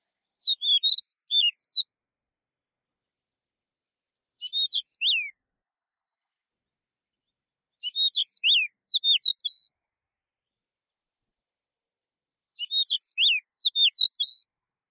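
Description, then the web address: Stejneger's stonechat singing short scratchy high phrases of quick chirps and downslurred notes, four bursts spaced several seconds apart with silence between. "nobitaki"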